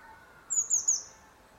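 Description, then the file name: Eurasian blue tit giving three quick, thin high-pitched notes followed by a brief fading buzzy trill. "Cyanistes caeruleus"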